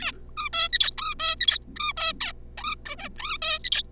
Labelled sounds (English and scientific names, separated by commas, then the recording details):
Zebra Finch (Taeniopygia guttata)
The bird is a juvenile
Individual R3549